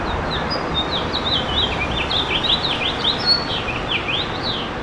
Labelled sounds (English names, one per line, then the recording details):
House Finch song
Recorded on Long Island, New York, on 7 June 2012
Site GP
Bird A